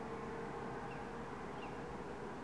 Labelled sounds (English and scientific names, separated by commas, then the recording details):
Tawny Owl (Strix aluco)
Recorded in Germany
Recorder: ecoPi